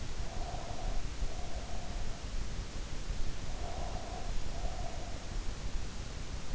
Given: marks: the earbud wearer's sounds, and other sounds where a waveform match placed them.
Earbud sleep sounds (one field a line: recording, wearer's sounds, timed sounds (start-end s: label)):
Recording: sounds in sleep by an in-ear microphone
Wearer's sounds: breath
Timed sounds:
0.11-2.22 s: breath
3.57-5.29 s: breath